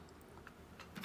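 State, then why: Not seated. The upper plastic handle of a Bissell Powerforce Powerbrush Pet carpet cleaner is picked up and lined up over the lower handle tube, ready to be pushed home. Quiet handling rustle is heard, with faint plastic ticks near 0.5, 0.8 and 1.0 seconds. The handle has not clicked into place yet.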